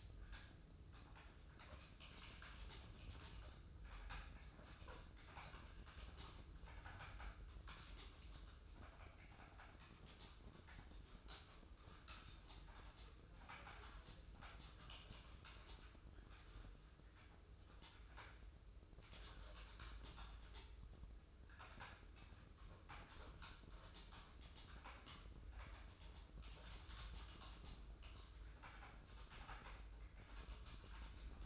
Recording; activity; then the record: daily activity, microphone in the room; typing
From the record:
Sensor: 2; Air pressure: 995.1 hPa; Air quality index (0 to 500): 64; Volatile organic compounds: 2 ppm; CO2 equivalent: 1090 ppm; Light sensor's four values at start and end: 17/57/21/22 and 17/57/21/22